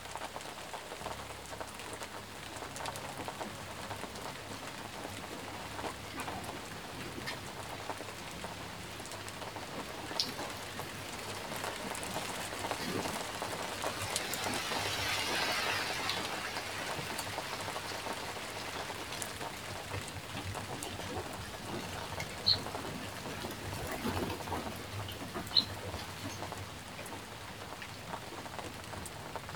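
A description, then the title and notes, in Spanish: Rain falls steadily and densely, an even patter across the whole half minute with a soft swell around the middle. Scattered sharper drips stand out, with a few bright taps near 22 and 25 seconds, over a faint low rumble underneath. Meditación con SONIDO de LLUVIA. Sonido de la lluvia.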